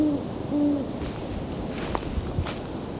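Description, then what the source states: Great Horned Owl giving two low, even hoots. Two owls present; recorded in person in October around dusk.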